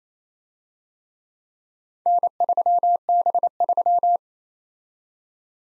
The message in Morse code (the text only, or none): N3B3